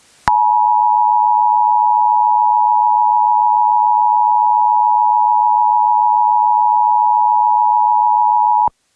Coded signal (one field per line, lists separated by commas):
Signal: Emergency Alert System (SAME) tones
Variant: 853 and 960 Hz attention tone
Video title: EAS #39 - Severe Thunderstorm Watch (EASyPLUS Relay & New Setup)